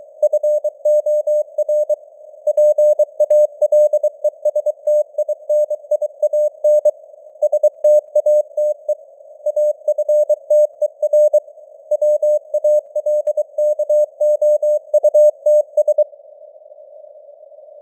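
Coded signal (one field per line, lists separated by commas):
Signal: Morse code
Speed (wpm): 23 wpm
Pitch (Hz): 600 Hz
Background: none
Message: FOR PALESTINIAN STATE AFTER WALKOUTS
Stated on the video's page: Simulated news headlines in Morse at 23 wpm with simulated radio noise and varying signal strength (QSB).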